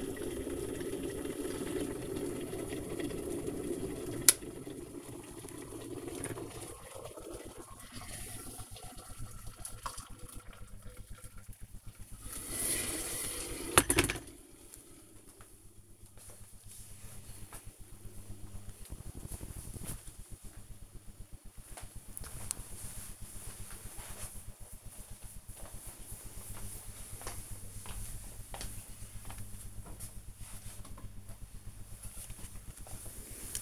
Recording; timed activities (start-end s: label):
household activities, microphone on the right wrist
0.00-14.78 s: making tea
29.89-33.62 s: window cleaning